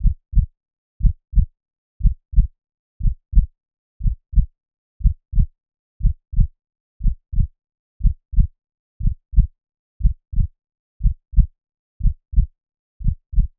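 Steady, regular lub-dub heartbeat at 60 beats a minute, each beat a close pair of low thuds, with silence between beats. It is a normal resting heart rhythm.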